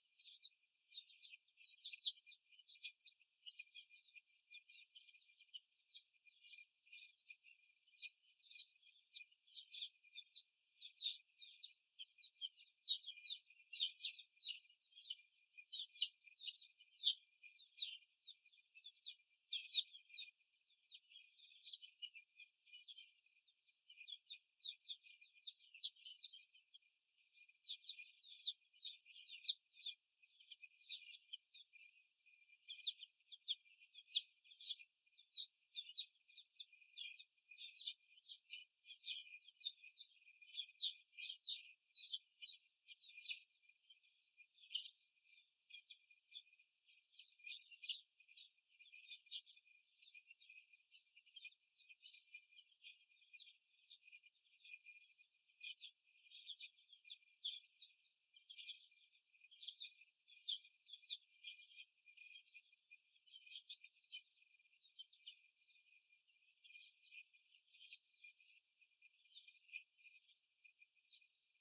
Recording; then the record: young laying hens in a cage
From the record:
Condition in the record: after the stressor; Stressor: simulated dog barking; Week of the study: 1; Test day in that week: 2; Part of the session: 1